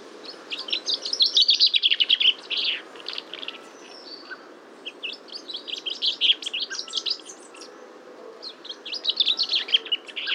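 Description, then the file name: Common chaffinch song: three bright trilled phrases separated by pauses, the last cut off, over steady background noise. "Fringilla coelebs"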